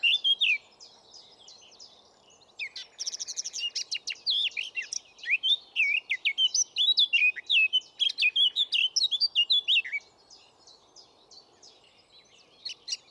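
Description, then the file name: Eurasian blackcap song: a long, lively warble of high twittering and whistled notes that runs for several seconds, over a low steady hiss. "Sylvia atricapilla"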